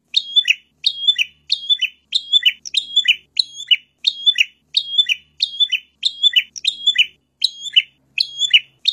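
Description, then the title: Bird singing a sharp, high chirping phrase with a steady whistled note, repeated roughly every two-thirds of a second throughout, no other sounds. Master recording used for training birds. "Master Burung Jos"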